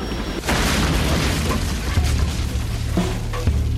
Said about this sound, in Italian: Questa volta non parliamo di semplici deflagrazioni, ma di vere e proprie esplosioni.